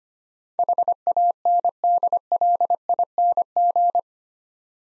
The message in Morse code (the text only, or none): HANDLING